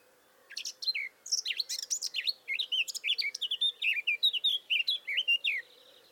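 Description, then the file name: Eurasian blackcap song: a rapid, varied warble of short whistled and chattering notes running continuously for about five seconds, high-pitched throughout, with no other clear sounds. "Sylvia atricapilla"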